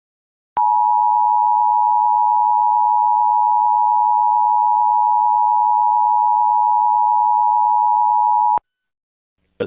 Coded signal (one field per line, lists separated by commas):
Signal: Emergency Alert System (SAME) tones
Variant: 853 and 960 Hz attention tone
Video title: EAS #1148-1149: 2 EAS Required Monthly Tests- Dec. 11, 2025- 12:15AM PST